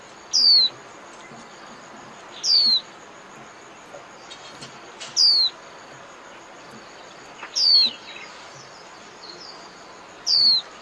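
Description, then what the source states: White-eye calls: a single high, thin descending whistle repeated about every two and a half seconds, five times, over a soft hiss. Lure call used to attract white-eyes for trapping (tiếng khuyên mồi).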